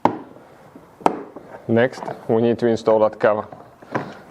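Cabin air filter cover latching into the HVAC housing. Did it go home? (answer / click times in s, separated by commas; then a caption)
yes / 0.1 s, 1.1 s. On a Maserati Levante, after the new cabin air filter is pushed into its slot, the plastic cabin air filter cover is snapped shut onto the HVAC housing at its two locking points, one on each side. Two loud, sharp clicks are heard at 0.1 s and 1.1 s, one per side, and then someone talks. The cover is locked in place.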